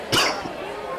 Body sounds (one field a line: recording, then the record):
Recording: coughing mixed with background sound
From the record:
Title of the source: Coughing 60